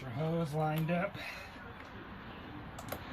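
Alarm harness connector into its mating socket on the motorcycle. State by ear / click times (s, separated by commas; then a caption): seated / 2.9 s. During a Scorpio alarm install on a 2022 Ducati Hypermotard 950, an alarm harness connector is lined up and pushed into its mating socket on the motorcycle. Someone talks briefly, then after a quiet stretch a single sharp click is heard at 2.9 s as the connector pops in and seats.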